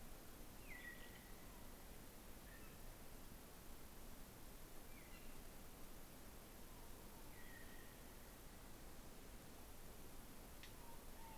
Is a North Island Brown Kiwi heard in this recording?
no